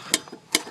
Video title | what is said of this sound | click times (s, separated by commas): 2000 Chevy Cavalier 2.2L OHV Repairs Part 1 | there clicks now I'm going to do all the finished installing all the spring | 0.1 s, 0.5 s